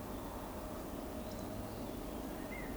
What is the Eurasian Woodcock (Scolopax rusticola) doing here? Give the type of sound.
whistle